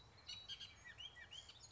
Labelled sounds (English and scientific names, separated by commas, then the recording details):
Bullock's Oriole (Icterus bullockii)
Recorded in Sonoma County, California